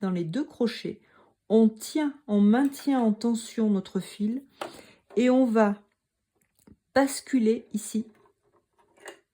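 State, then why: Seated. A person talks while holding thread under tension and tipping over the lower looper threading lever on a Pfaff 1450 OL overlocker sewing machine. After the talk, faint small sounds follow, then the lever snaps into place with a small click at 9.1 s, leaving the thread installed inside the machine.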